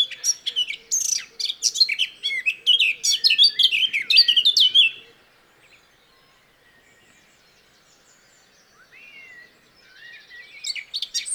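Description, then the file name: Eurasian blackcap song: a rushing, varied warble of about five seconds, a quiet pause, then another burst of high notes at the end. "Sylvia atricapilla"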